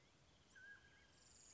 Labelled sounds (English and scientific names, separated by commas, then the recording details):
Mountain Quail (Oreortyx pictus)
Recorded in Sonoma County, California